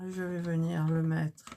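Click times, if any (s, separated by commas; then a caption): none. A plastic building brick is handled near a popcorn machine model while someone talks, followed by a few faint handling sounds at the end. Nothing has seated or clicked yet.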